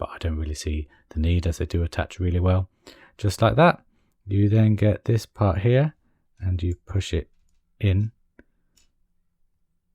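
Someone talks while a plastic part of a model X-Wing landing leg is pushed into the leg assembly. A sharp click is heard at 8.4 s as the part goes in and seats in place.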